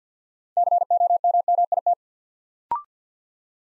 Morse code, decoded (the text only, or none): COMMIT